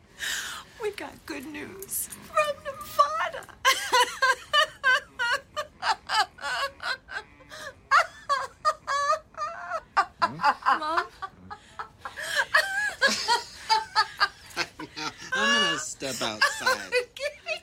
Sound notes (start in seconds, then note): 3.6 laughter; 11.3 laughter